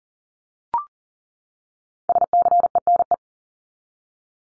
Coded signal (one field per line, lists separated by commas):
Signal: Morse code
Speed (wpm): 40 wpm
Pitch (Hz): 700 Hz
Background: none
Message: SCENE